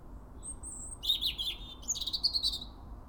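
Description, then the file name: European robin song, a thin high whistled note followed by rapid trilling, tinkling phrases at very high pitch. "Erithacus rubecula"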